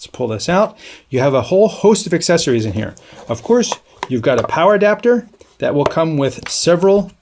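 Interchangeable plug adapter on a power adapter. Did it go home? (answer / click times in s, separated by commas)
no / none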